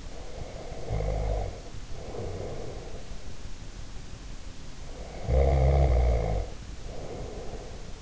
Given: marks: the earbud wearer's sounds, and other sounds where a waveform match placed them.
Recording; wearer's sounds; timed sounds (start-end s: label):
sounds in sleep by an in-ear microphone; snoring breath
0.04-3.30 s: snoring breath
4.83-8.02 s: snoring breath